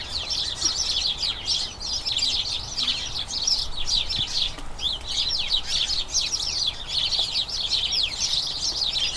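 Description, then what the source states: House sparrows chirping together, a steady wall of quick bright notes with slight swells, no other sounds standing out. Colony of about a dozen house sparrows chattering incessantly in a small front garden as crocuses bloom, excitement signalling the colony turning to the breeding season.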